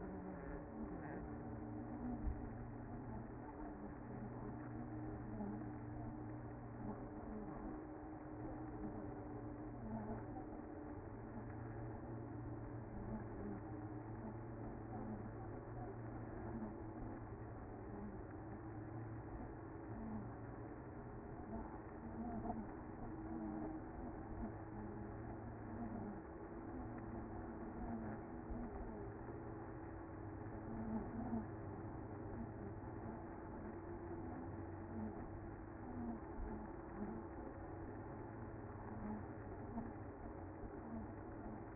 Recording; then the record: honeybee colony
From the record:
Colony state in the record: active